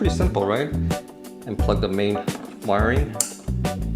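A plastic tail light housing for a 2025 Ram 1500 is handled at its truck bed-side mount after the main wiring is plugged in. Someone talks over music, and brief knocks of handling are heard near the end. Nothing has seated or clicked yet.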